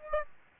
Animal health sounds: mosquito wingbeat signal from an infrared sensor; Aedes albopictus

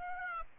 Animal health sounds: mosquito wingbeat signal from an infrared sensor; Aedes aegypti

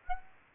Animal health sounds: mosquito wingbeat signal from an infrared sensor; Aedes aegypti

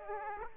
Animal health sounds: mosquito wingbeat signal from an infrared sensor; Aedes aegypti

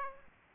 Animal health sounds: mosquito wingbeat signal from an infrared sensor; Aedes aegypti

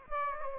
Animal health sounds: mosquito wingbeat signal from an infrared sensor; Aedes aegypti

